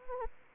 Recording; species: mosquito wingbeat signal from an infrared sensor; Anopheles arabiensis